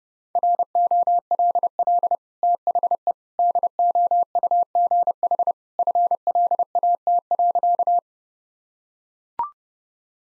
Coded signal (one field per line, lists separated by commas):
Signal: Morse code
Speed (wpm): 30 wpm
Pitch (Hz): 700 Hz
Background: none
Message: ROLL THE DOUGH FLAT.